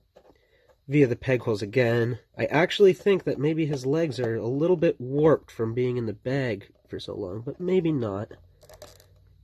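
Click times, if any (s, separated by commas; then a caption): 8.8 s. Someone talks while pressing a plastic 2001 Burger King kids-meal figure from The Simpsons Spooky Light Ups set onto the pegs of its display base, its legs possibly warped from sitting in the bag so long. After the talking stops, a few faint ticks lead into a sharp snap at 8.8 s as the figure seats onto the base pegs and fits.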